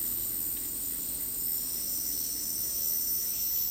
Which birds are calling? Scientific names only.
none